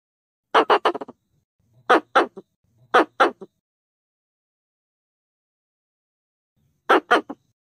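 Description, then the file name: Pallas's squirrel gives harsh, rasping chatter bursts, each of three or four quick notes, repeated in four groups with a long silent gap before the last. "tieng soc bung do keu goi dan"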